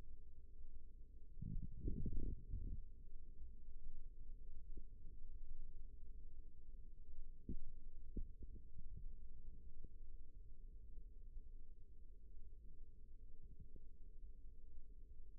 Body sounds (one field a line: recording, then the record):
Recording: forearm muscle sounds (acoustic myography)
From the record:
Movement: rest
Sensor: system 1, eight BSWA MPA416 microphones around the upper forearm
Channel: 3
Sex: male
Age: 42 years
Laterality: right